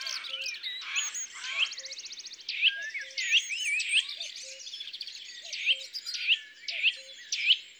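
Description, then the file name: European robin song: varied high, thin warbling phrases with sharp rising and falling notes, a rapid trill, and a faint low tone repeating beneath. "Rougegorge familier ABC des chants doiseaux"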